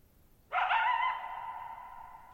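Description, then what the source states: Coyote barking howl: one sudden harsh, wavering call that holds steady then fades in a long echoing tail against a quiet background. Lone coyote calling at night, July 14, 2019, near Thirtymile Meadows, Okanogan National Forest, Okanogan High Country, Pacific Northwest, 6400 ft (1950 m), shallow bowl-shaped meadow on a high dry plateau.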